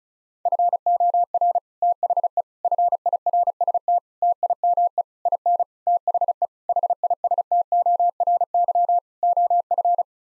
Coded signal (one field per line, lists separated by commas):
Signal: Morse code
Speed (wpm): 34 wpm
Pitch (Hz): 700 Hz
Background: none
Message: FOR THE FIRST TIME IN THE HISTORY OF